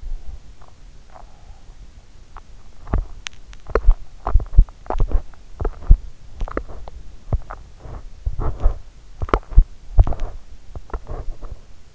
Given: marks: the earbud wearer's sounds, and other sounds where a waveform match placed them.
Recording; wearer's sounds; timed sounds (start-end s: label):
sounds in sleep by an in-ear microphone; breath, teeth grinding
0.00-1.84 s: breath
0.00-11.95 s: teeth grinding